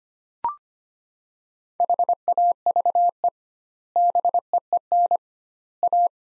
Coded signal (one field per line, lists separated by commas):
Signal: Morse code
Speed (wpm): 25 wpm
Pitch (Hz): 700 Hz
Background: none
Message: HAVE BEEN A